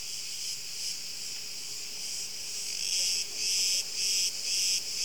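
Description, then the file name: Cricket chirping: a steady high buzzing chorus broken by louder pulsed bursts in the second half, roughly two per second. "Grillen"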